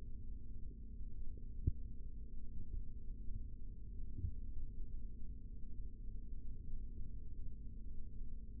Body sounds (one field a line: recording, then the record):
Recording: forearm muscle sounds (acoustic myography)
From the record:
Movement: rest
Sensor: system 3, bracelet of six PUI Audio POM-2738L microphones around the upper forearm, with dedicated amplification and filtering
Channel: 2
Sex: male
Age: 25 years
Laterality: right